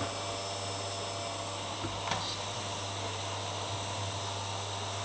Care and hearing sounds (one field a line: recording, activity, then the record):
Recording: daily activity, microphone in the room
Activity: vacuum cleaning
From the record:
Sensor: 3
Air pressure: 1007.7 hPa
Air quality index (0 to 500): 49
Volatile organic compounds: 1 ppm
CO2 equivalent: 576 ppm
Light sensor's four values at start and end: 9/22/9/9 and 9/21/8/8